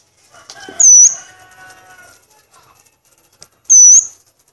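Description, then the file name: Violaceous euphonia song: two separate high, thin whistled notes, each dipping slightly then leveling, about three seconds apart, with soft rustling between. "canto do gaturamo verdadeiro"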